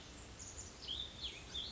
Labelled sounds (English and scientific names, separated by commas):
Cassin's Vireo (Vireo cassinii)